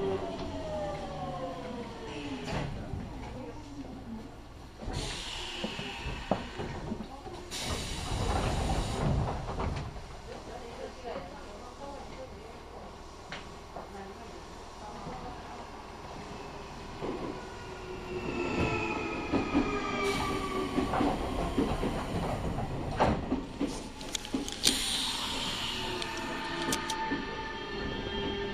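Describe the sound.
A local train on the Nankai Main Line rolls along, its steady low rumble marked by clacks and thumps over the rail joints. Motor whine rises and falls in gliding tones, with bright bursts of noise around 7–9 and 20–26 seconds and faint voices beneath.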